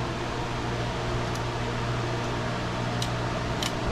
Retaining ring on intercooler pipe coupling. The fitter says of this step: pops right in retaining ring is back in place